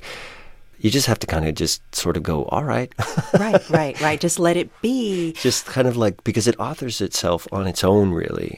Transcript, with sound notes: Like, you just have to kind of just sort of go, all right (laughter).
Right, right, right. Just let it be.
Just kind of, like - because it authors itself on its own, really.